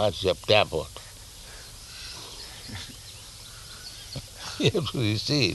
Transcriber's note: laughs